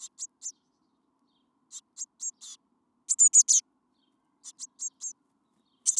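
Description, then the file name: Eurasian blue tit calls, groups of high thin notes and a louder rapid chatter in the middle, repeated at irregular intervals. "Cyanistes caeruleus"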